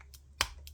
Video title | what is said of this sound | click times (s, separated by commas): 🎲diamond painting🎲 unboxing partenariat #paintsomeway | Voilà, clic. | 0.4 s